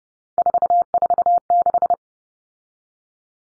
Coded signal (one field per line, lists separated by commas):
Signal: Morse code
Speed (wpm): 30 wpm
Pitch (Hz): 700 Hz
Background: none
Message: 446